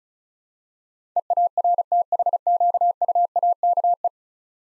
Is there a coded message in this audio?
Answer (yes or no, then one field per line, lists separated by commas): yes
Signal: Morse code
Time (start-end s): 1.2-4.1 s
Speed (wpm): 36 wpm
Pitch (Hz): 700 Hz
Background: none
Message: EARTHQUAKE